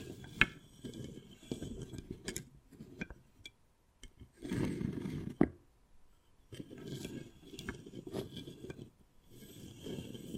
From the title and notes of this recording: ASMR Addictive Wood Carving, Tapping and Scratching Sounds (No Talking).